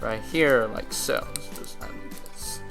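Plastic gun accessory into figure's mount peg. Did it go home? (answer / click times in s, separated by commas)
no / none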